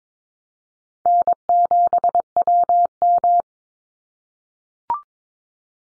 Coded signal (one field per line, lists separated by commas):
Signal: Morse code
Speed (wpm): 22 wpm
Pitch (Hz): 700 Hz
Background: none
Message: N7WM